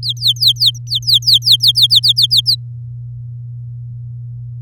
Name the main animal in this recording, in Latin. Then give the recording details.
Serinus canaria. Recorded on 9 May 2018 at 06:17. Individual llb16